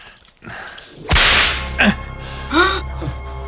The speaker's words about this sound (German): Eine Peitsche?